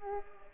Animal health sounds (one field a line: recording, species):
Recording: mosquito wingbeat signal from an infrared sensor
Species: Culex pipiens